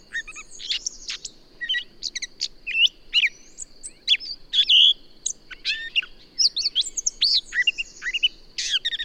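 Bird song of dense sharp chirps and short whistled phrases, with a constant thin high tone running through.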